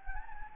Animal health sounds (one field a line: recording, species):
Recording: mosquito wingbeat signal from an infrared sensor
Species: Anopheles gambiae